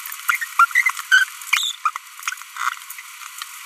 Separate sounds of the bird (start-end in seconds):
0.29-0.36, 0.42-0.44, 0.59-0.65, 0.86-0.90, 1.12-1.24, 1.53-1.75, 1.86-1.90